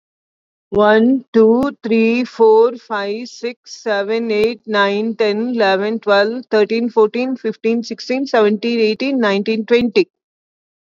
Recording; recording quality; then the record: counting at a normal pace; excellent, no background noise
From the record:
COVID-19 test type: RT-PCR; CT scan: not taken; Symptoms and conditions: none ticked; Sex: female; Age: 61 years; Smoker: no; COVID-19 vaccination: both doses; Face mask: worn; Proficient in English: yes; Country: India